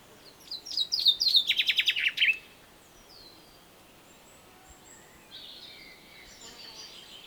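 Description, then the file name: Common chaffinch singing a brisk trill of sharp notes that descends and ends abruptly, followed by quieter bird calls. "Fringilla coelebs"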